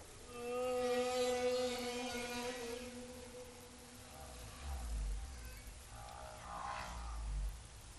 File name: Humpback whale song